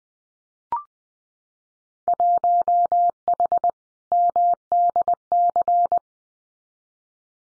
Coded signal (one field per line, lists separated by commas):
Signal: Morse code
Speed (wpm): 20 wpm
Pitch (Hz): 700 Hz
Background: none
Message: 1H MDC